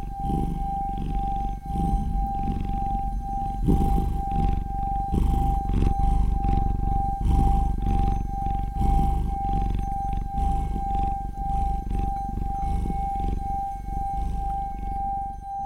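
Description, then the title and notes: Cat purring with a continuous deep rumble in breathing pulses and a steady tone behind it. ASMR. "кот і пяюнка. каціны asmr"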